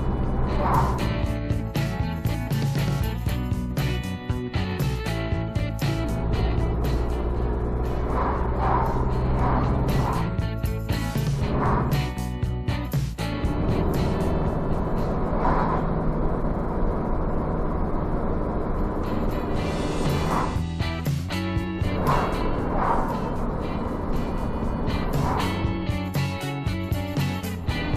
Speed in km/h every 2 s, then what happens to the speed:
46, 44, 42, 43, 45, 48, 53, 58, 58, 56, 54, 53, 52, 52.
0-7 steady at about 43. 7-14 speeds up to 58. 14-28 steady at about 54.